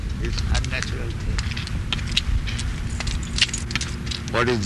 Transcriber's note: approaching car